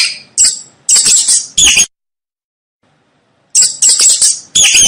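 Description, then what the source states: Mouse squeaks, shrill scratchy bursts in two clusters separated by a pause of nearly two seconds. Mouse squeaking to help a baby fall asleep.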